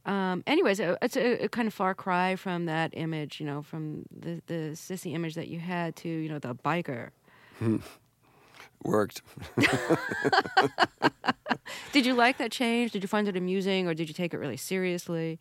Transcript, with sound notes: Anyways, it's a kind of far cry from that image - you know, from the sissy image that you had to - you know, the biker.
Worked.
(LAUGHTER)
Did you like that change? Did you find it amusing, or did you take it really seriously?